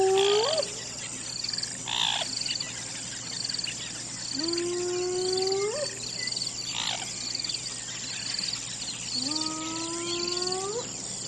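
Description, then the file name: Hyena calls three times, each a drawn-out whoop rising steadily in pitch, spaced about four to five seconds apart, with constant high chirping behind. "audio hero Hyena"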